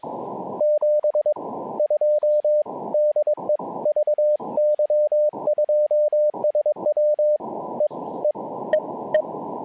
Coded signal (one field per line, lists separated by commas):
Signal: Morse code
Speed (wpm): 22 wpm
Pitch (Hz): 600 Hz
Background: radio noise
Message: 72 DE VY2SW E E E E